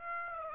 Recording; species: mosquito wingbeat signal from an infrared sensor; Aedes aegypti